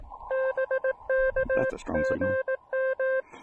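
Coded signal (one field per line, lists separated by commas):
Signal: Morse code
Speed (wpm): 18 wpm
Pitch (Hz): 530 Hz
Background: speech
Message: BK GM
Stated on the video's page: QRP SOTA summit activation with DX contacts, using an Elecraft KX2 and a compact AX2 antenna.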